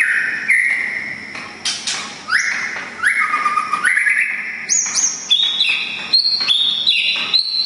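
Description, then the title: Oriental magpie-robin song: a varied run of clear whistled notes, some held and flat, others sliding up or down, sung almost without pause. "kacer"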